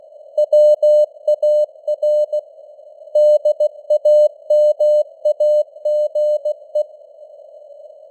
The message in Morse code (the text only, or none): WAR DAMAGE